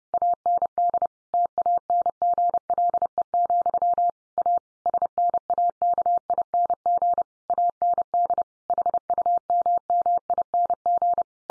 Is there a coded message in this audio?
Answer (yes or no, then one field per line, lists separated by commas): yes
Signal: Morse code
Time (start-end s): 0.1-11.2 s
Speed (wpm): 30 wpm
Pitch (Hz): 700 Hz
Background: none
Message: AND TANGLE, A SNAKING AND HUMMING